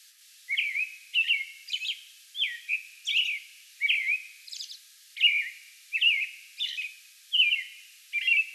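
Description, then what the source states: American robin singing a chain of short, rich caroled phrases, with a few thin high notes among them. Song bout recorded on May 11.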